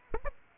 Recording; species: mosquito wingbeat signal from an infrared sensor; Aedes aegypti